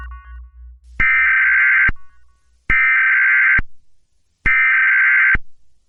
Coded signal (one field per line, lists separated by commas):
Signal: Emergency Alert System (SAME) tones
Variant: header bursts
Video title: EAS Simulation: The Oort Cloud Reckoning – Earth’s Final Broadcast